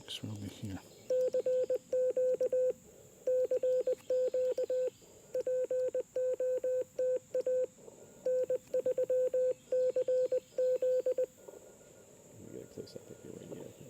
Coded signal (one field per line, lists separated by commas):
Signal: Morse code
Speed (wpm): 20 wpm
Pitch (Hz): 510 Hz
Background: speech, radio noise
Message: CQ CQ POTA N3CZ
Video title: Homebrew QRP Transceiver and TennTennas EFHW Shine in Labor Day POTA Activation!